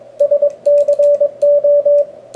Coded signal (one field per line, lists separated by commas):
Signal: Morse code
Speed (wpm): 29 wpm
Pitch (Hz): 560 Hz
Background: radio noise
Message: SCO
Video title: Coat Hanger 10m Vertical Antenna